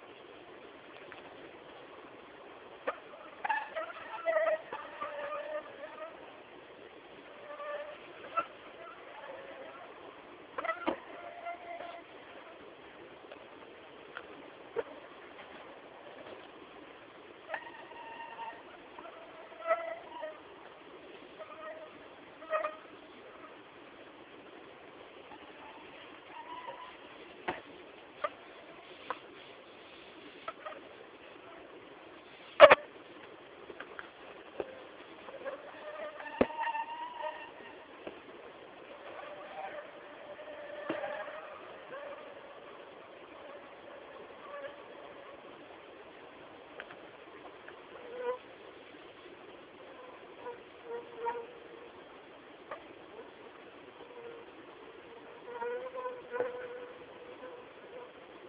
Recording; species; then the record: mosquito flight sound by mobile phone; Anopheles minimus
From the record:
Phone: Samsung T209